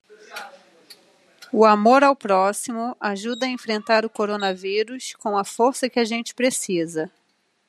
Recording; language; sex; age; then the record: spoken sentence; Brazilian Portuguese; female; 30 to 39 years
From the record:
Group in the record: control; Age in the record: 38 years